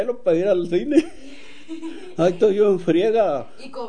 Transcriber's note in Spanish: risas